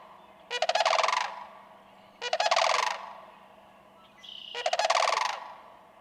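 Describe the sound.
Sandhill crane calls: three loud, rolling, rattling bugles about two seconds apart, over a faint steady hum.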